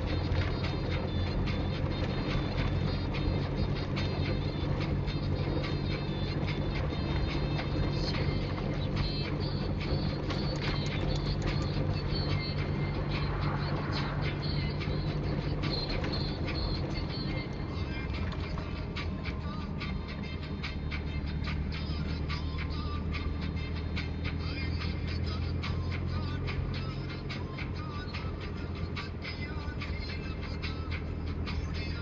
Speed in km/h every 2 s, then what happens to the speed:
30, 31, 31, 31, 32, 32, 31, 30, 26, 25, 26, 27, 29, 27, 26, 27.
0-11 steady at about 31. 11-17 slows to 25. 17-32 steady at about 27.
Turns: none.